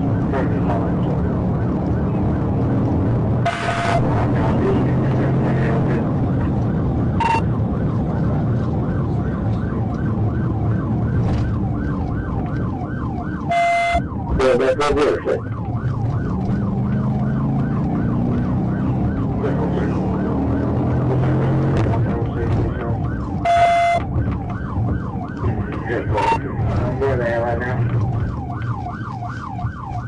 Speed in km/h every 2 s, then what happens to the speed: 143, 158, 164, 155, 140, 109, 85, 56, 77, 98, 106, 85, 61, 44, 26.
0-3 speeds up to 164. 3-14 brakes to 56. 14-20 speeds up to 106. 20-30 brakes to 26.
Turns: none.